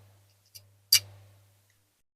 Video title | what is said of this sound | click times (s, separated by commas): Corgi 700 Motorway Ambulance Diecast Restoration #Code3 | that clicks into place there's a couple of locators | 0.9 s